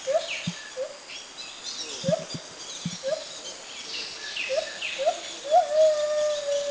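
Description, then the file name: White-handed gibbon calling: several short hoots, then a longer sustained note, over steady background noise. Southern Thailand. "White-handed Gibbon Tone Pariwat"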